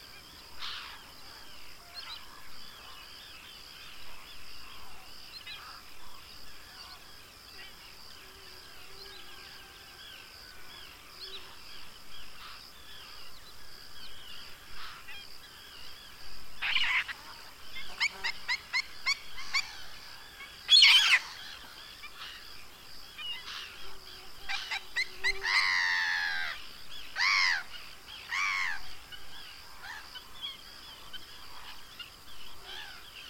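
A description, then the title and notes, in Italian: A pond at Cabras, with a steady high hiss of insects or wind running throughout. Bird calls come in short clusters, sparse at first and then busier after about sixteen seconds, with sharp bright bursts around twenty-one and twenty-five seconds. Lo Stagno – Cabras.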